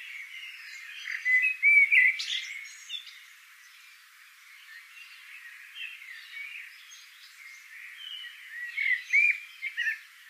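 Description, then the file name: Eurasian blackbird song: a short warbled phrase around two seconds, a quieter stretch, then another phrase around nine seconds. "Turdus merula"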